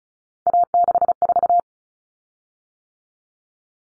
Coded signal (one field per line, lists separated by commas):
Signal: Morse code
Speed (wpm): 34 wpm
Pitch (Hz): 700 Hz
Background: none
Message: A64